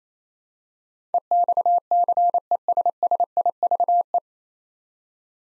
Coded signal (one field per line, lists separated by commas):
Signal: Morse code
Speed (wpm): 28 wpm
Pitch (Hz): 700 Hz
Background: none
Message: EXCESSIVE